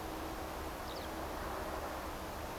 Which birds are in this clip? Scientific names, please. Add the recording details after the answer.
Alauda arvensis. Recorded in France